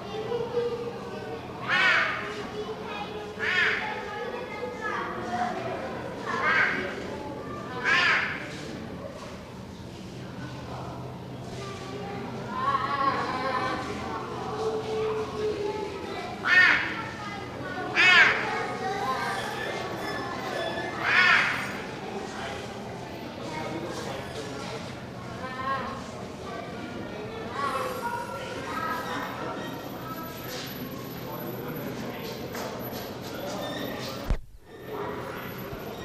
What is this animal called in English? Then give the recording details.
Clouded Leopard. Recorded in captivity. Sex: male. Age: adult. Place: Tierpark Berlin, Berlin, DE. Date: 1982-10-09 11:19. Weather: bedeckt-sonnig, etwas böiger Wind, 10-13°C. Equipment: Nagra SN, Kopie Uher 4200. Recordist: Tembrock, Günter